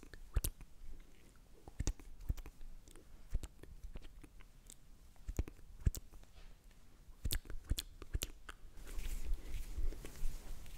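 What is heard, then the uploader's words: Soft mouth sounds with sharp wet clicks and pops every second or so over a low murmur, growing busier and breathier near the end. ASMR Slow & Relaxing MOUTH SOUNDS For Sleep.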